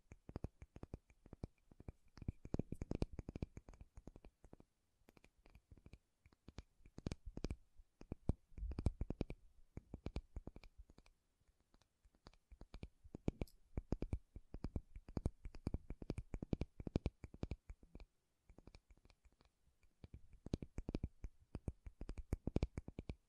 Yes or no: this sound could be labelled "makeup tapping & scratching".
yes